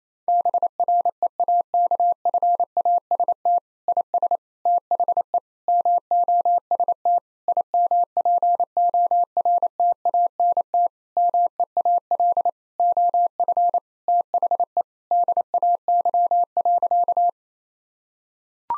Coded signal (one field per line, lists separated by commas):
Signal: Morse code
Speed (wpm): 28 wpm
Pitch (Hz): 700 Hz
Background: none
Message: BREAKFAST IS THE MOST IMPORTANT MEAL OF THE DAY.